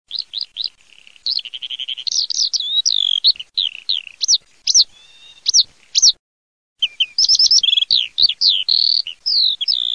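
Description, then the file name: Eurasian skylark song, a rapid stream of high chirps, slurred whistles and short trills, falling silent briefly near six seconds before resuming just as fast. "ALLODOLAG"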